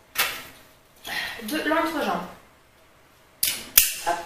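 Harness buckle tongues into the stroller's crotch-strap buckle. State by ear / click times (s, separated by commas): seated / 3.4 s, 3.8 s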